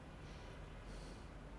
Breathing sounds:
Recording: one breath in and out by a microphone near the nose and mouth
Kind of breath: normal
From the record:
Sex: male

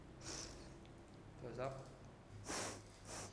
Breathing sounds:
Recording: one breath in and out by a microphone near the nose and mouth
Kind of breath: deep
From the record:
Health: marked as sick, illness not named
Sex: female

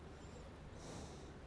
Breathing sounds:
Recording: one breath in and out by a microphone near the nose and mouth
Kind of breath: normal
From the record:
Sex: male

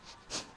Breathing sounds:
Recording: one breath in and out by a microphone near the nose and mouth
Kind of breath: strong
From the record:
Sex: male

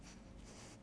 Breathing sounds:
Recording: one breath in and out by a microphone near the nose and mouth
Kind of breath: strong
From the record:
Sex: male

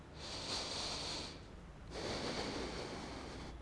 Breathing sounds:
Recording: one breath in and out by a microphone near the nose and mouth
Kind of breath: deep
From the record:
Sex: male

